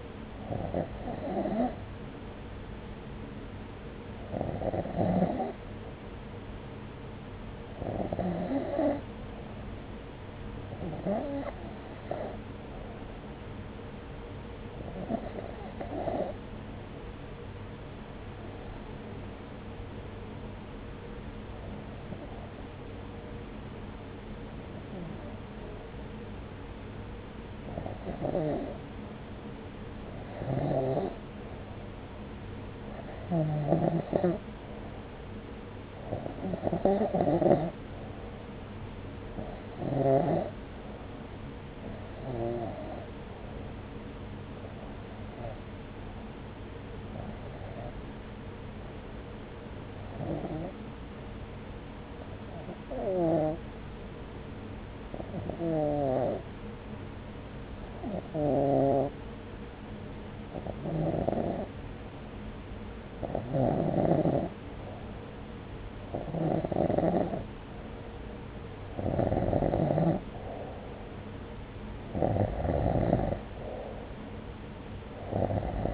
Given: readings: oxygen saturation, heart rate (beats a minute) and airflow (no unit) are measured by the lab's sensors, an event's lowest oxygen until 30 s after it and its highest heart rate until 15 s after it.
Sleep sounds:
breathing in sleep by a voice recorder at the bedside; 1
7.00-67.50 s: hypopnea (N1, oxygen 96% highest, then 90% lowest, heart rate 70 at the start, 70 highest)
8.00-75.94 s: new sleep stage, REM sleep
From the record:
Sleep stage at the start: N1 (lightest sleep); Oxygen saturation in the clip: 92 to 96%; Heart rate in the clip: 65 to 71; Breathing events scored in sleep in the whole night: 303 in 8.1 hours asleep

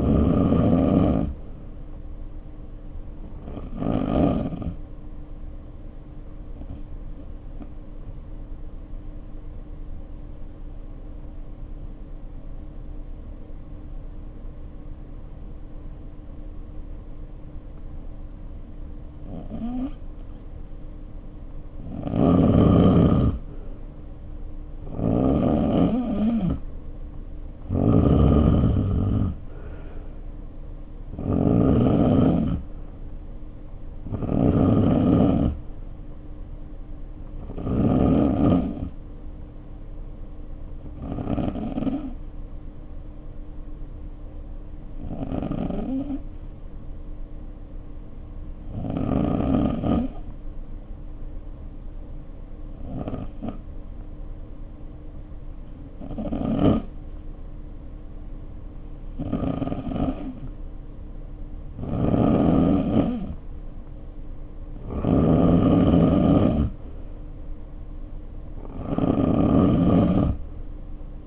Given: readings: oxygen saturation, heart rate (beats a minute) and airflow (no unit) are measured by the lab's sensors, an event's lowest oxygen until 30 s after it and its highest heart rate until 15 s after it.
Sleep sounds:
breathing in sleep by a smartphone at the bedside; 2
7.00-23.70 s: hypopnea (N2, oxygen 94% highest, then 83% lowest, heart rate 57 at the start, 66 highest)
45.00-63.90 s: hypopnea (N2, oxygen 94% highest, then 88% lowest, heart rate 52 at the start, 61 highest)
From the record:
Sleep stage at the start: N2 (light sleep); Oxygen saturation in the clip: 83 to 94%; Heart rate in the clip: 52 to 66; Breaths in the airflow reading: 19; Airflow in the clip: -2.7 to 4.2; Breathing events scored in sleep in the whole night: 520 in 7.2 hours asleep

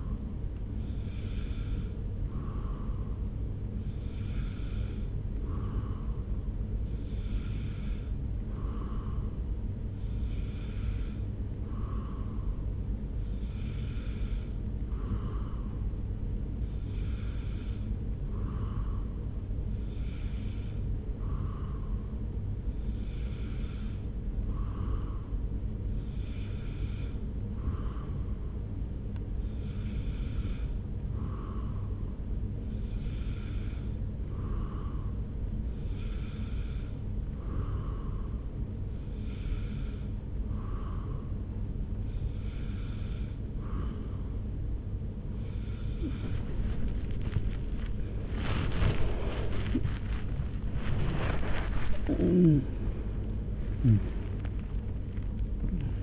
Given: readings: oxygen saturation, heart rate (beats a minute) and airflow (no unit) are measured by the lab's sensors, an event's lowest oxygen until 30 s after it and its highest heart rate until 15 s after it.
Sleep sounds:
breathing in sleep by a smartphone at the bedside; 1
33.00-49.20 s: hypopnea (N2, oxygen 94% highest, then 94% lowest)
From the record:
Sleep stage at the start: N2 (light sleep); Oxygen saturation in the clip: 93 to 94%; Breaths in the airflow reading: 16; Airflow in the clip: -3.5 to 7.0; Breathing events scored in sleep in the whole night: 335 in 6.7 hours asleep

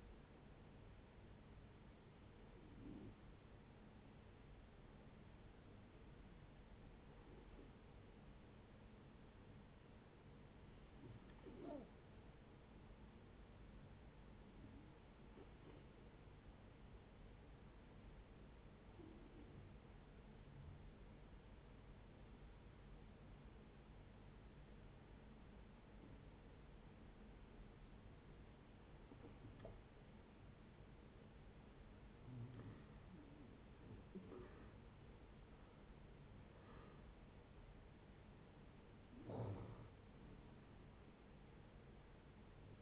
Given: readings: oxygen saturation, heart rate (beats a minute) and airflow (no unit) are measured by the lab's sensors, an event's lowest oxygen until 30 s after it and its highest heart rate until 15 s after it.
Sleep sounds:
breathing in sleep by a voice recorder at the bedside; 1
9.00-31.90 s: hypopnea (N1, oxygen 93% highest, then 78% lowest)
From the record:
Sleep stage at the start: N1 (lightest sleep); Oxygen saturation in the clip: 67 to 93%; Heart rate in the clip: 66 to 85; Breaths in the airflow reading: 9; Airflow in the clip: -9.7 to 10.7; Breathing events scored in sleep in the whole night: 496 in 5.4 hours asleep

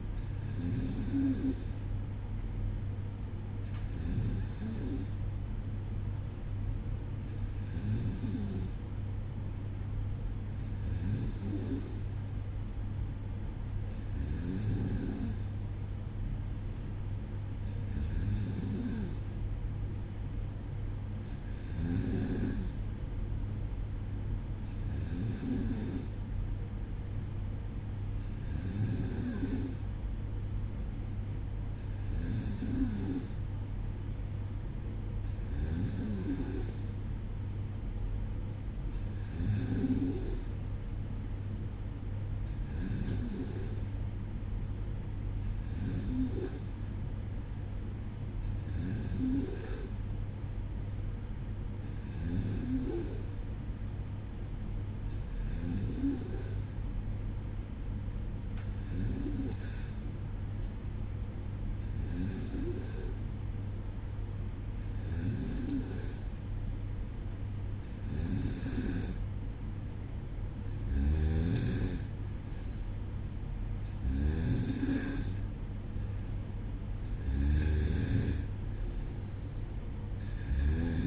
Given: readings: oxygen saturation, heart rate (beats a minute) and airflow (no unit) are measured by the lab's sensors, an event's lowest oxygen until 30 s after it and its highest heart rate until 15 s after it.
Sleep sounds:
breathing in sleep by a smartphone at the bedside; none
none scored
From the record:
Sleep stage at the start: N2 (light sleep); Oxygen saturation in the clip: 93 to 94%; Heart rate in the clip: 55 to 61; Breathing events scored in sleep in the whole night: 305 in 9.6 hours asleep

